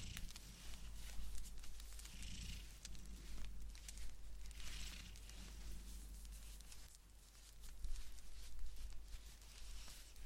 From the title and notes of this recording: ASMR Blanket Knitting To Put You To Sleep No Talking.